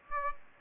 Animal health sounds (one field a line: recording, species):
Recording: mosquito wingbeat signal from an infrared sensor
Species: Aedes aegypti